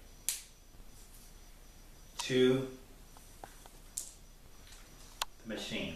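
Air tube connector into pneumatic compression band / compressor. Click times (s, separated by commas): 0.3 s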